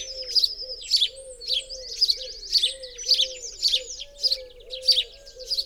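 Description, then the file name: House sparrow chirps, strong clipped notes about twice a second, some with a thin whistled tail, over a soft low hum. "Passer domesticus"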